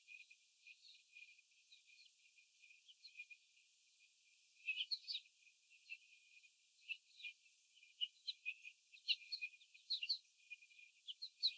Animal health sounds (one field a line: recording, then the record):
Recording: young laying hens in a cage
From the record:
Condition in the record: after the stressor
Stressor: sudden umbrella opening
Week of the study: 3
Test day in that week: 2